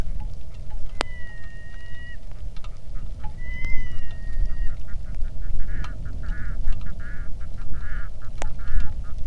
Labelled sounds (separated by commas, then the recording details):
waterfowl, wind, rain
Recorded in the Arctic National Wildlife Refuge, Alaska, on 3 August 2019 at 09:52
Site 46